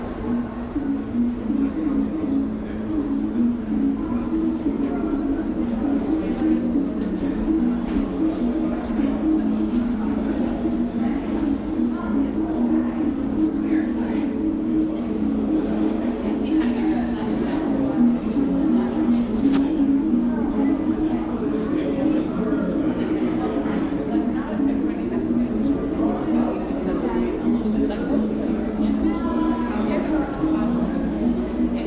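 New York street and subway noise: a steady low rumble with a constant hum, overlapping voices talking throughout, and occasional brief clatters.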